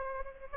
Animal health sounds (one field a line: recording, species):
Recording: mosquito wingbeat signal from an infrared sensor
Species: Aedes aegypti